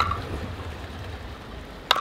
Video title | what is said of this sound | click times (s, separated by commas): The Only 100% Fog Free Full Face Snorkel Mask - Seabeast AF90 | guess that just snaps into place right there now | 1.9 s